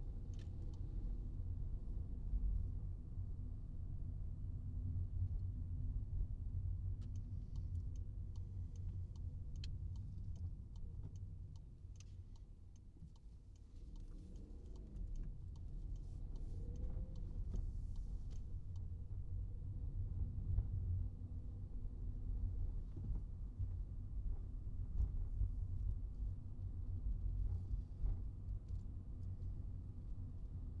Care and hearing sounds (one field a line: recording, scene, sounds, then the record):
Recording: everyday scene through a hearing-aid microphone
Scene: in a vehicle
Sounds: engine, highway traffic jam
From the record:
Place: Skoda Fabia, gasoline engine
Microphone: in the ear canal, right